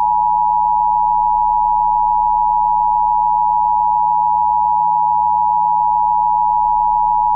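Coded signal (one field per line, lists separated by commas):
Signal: Emergency Alert System (SAME) tones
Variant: 853 and 960 Hz attention tone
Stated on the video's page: EAS tones in a fictional mock tornado-style warning scenario about a giant tomato near Flagstaff, Arizona; not a real alert.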